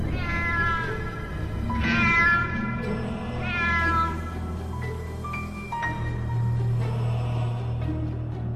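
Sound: cat meowing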